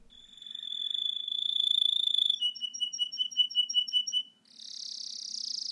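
Cricket chirping: a steady high trill for about two seconds, then a run of quick pulsed chirps, then a buzzier, harsher trill to the end.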